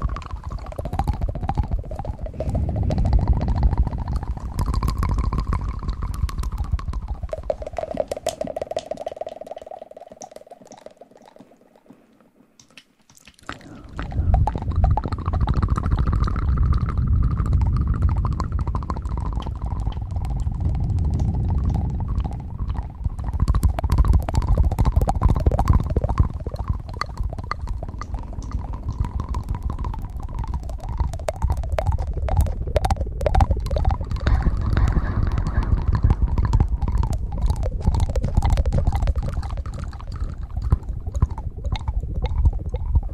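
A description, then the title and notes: Mouth sounds, wet and gurgling, with a low rumbling body and a wavering tone that slides up and down like a throaty warble. The sound runs almost continuously, breaking off into silence around ten to thirteen seconds before resuming with rapid clicking flutters. Mouth sounds.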